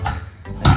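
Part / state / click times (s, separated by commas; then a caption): ceiling fan canopy into ceiling mounting bracket / seated / 0.7 s. A ceiling fan canopy is lifted to the ceiling mounting bracket and twisted so it locks into place. A short tick sounds at 0.1 s, then a louder, fuller clunk at 0.7 s as the twist-lock engages. The fan is seated on the bracket.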